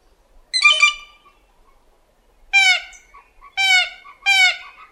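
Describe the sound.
Blue jay calling with loud, nasal, harsh jeers, one burst followed after a pause by three more in quick succession.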